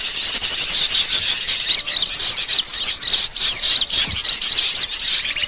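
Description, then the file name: Birds twittering in a busy chorus of high, quick chirps and squeaky notes that overlap without pause, rising and falling in loudness. Lure call used to attract birds, described as a thousand birds. "pikat 1000 burung"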